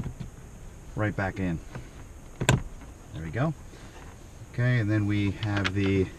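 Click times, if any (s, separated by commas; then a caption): 2.5 s. A plastic retaining clip on a wiring harness in a Dodge Challenger Scat Pack is popped back into its mount during a Barton shifter install. It seats with one sharp click at 2.5 seconds. Someone talks before and after the click.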